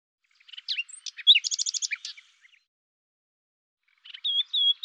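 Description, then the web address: Common nightingale singing: a short phrase of buzzy notes, then a fast run of about seven repeated high notes, a pause, and a new whistled phrase starting. "cianscape birddata Deverinetal 2025 Bird Lu Me"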